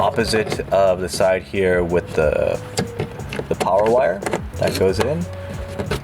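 A trunk light housing on a 2013-present Mazda CX-5 is handled to go back into its opening in the trunk trim panel, with the side carrying the power wire going in, while someone talks over it. A few short handling knocks come around 3.0–3.5 seconds, but nothing has seated or clicked into place yet.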